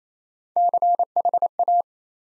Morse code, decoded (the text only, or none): CHA